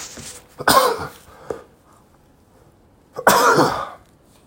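Two loud, harsh cough bursts about two and a half seconds apart, each with a sharp onset and a noisy, rasping tail, plus a brief click between them. An ordinary isolated adult cough, heard in a small quiet room.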